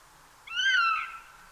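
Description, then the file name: Eurasian jay giving one drawn-out, mewing, cat-like call that slides gently downward and fades, with a quiet background. "Garrulus glandarius"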